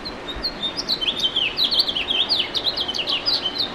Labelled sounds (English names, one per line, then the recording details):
House Finch song
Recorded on Long Island, New York, on 2 June 2012
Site CP
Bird E